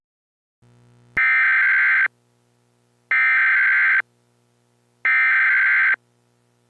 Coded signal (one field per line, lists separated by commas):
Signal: Emergency Alert System (SAME) tones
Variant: header bursts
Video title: EAS MOCK (tried to do lunniex idk)